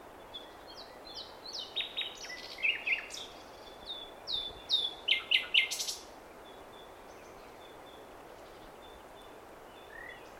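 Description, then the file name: Common nightingale song with spaced whistled notes building into loud rapid repeated chirps around five seconds, followed by several seconds of near silence. "Luscinia megarhynchos"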